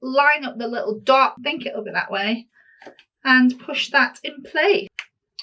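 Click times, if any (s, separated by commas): none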